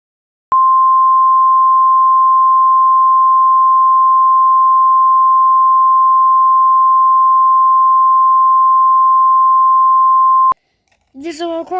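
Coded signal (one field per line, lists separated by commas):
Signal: Emergency Alert System (SAME) tones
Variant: 1050 Hz attention tone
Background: speech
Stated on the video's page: Impression, a recreation, of an EAS alert.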